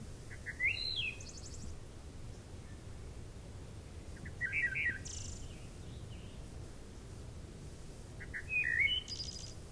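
Wood thrush song: three phrases around four seconds apart, each with quiet lead-in notes, a ringing flutelike middle and a high shimmering trill at the end.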